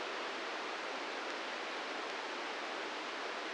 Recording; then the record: brain microelectrode recording played as sound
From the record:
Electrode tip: inside the subthalamic nucleus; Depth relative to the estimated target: -3 mm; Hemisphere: left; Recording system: NeuroSet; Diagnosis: Parkinson's disease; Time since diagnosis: 13 years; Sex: male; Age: 66 years